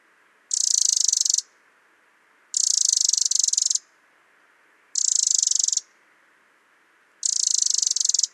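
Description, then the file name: Eurasian wren giving four dry churring rattles, evenly spaced roughly every two and a quarter seconds. "Troglodytes troglodytes"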